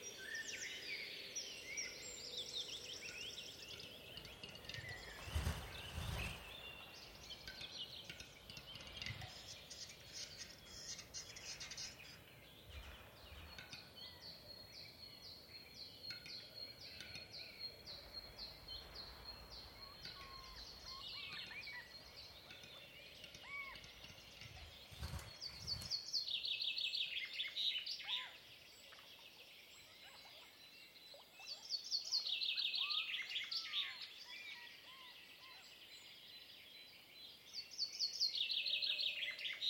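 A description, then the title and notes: Birdsong fills an outdoor wilderness scene, with bright chirps and trills nearly throughout, including a fast, even trill around 13 to 20 seconds and busier calling after 26 seconds. Soft thuds or handling bumps come near 5 and 25 seconds over a quiet background rustle. Nordic Nature sfx library demo. Nordic Nature is a collection of evocative and immersive ambiences recorded by George Vlad and Pete Smith over a three-year period across the wilderness of Sweden and Norway.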